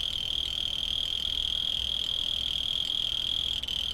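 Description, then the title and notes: A cricket's sustained high trill rings evenly, briefly breaking for an instant near the end, with a low background rumble. Field recordings made in Tavira, Tangier, Lima and Bhubaneswar. "ACA - Grabaciones de campo. Grillo 2. grabaciones hechas en tavira, tangier, lima, bhubanshwar"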